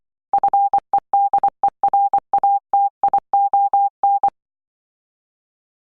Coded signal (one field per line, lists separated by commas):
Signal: Morse code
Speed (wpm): 23 wpm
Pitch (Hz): 800 Hz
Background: none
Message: FEDERATION